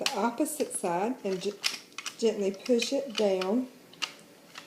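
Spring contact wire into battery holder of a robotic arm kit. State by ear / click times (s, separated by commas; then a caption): seated / 4.0 s. Someone talks while the spring-side contact wire of a robotic arm kit is placed on the opposite side and gently pushed down into the plastic battery holder. A sharp click at 4.0 s marks the wire snapping in, seated, followed by a faint tick near 4.6 s.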